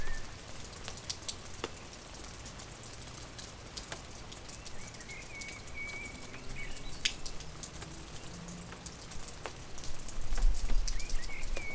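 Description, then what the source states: Bird song, a level sustained whistle in the middle and a brief twisting phrase near the end, heard through constant rainfall and dripping. Recorded during rain.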